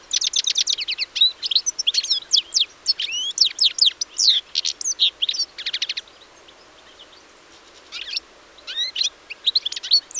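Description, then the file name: European Goldfinch song, a quick stream of high twittering notes and trills, a pause, then a few more chirps. "Carduelis carduelis"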